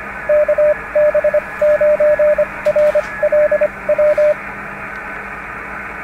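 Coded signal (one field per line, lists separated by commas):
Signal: Morse code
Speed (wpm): 25 wpm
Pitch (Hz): 600 Hz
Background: radio noise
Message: KB9RLW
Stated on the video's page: Portable field day station using a quick field antenna with a commercial UnUn.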